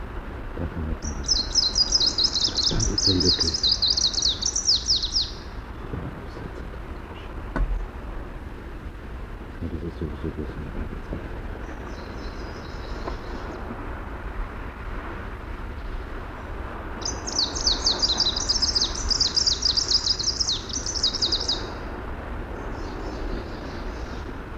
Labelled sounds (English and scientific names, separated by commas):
Greenish Warbler (Phylloscopus trochiloides) song